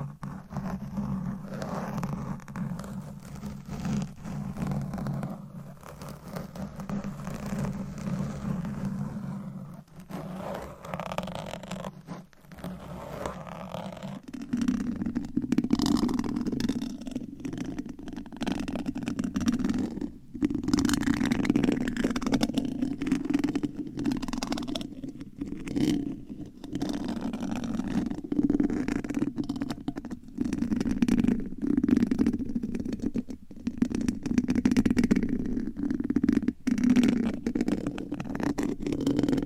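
Scratching and tapping sounds, soft rubs and brief scrapes recurring irregularly over a steady low hum that grows fuller after fifteen seconds.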